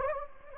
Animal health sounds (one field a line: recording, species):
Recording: mosquito wingbeat signal from an infrared sensor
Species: Anopheles gambiae